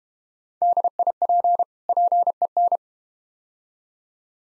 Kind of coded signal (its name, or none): Morse code